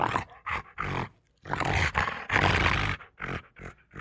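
Rottweiler barks mixed with longer rasping, growl-like bursts, loud and rough, with short gaps between them.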